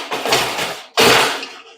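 A metal guillotine door panel is tilted and maneuvered into the wire frame of a live trap. Two loud, ringing metal clanks begin near 0.1 and 1.0 seconds and fade out. The panel has not yet snapped or seated into place.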